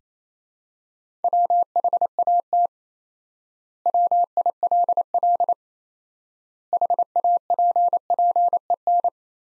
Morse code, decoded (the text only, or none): WHAT WILL HAPPEN